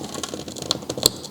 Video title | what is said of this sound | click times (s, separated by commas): Tv Production Online: Using a Cake Pan to Build A Main Light For $30!? | those lock into place tape it back down | 0.7 s, 1.1 s